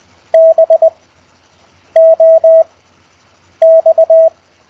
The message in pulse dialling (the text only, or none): none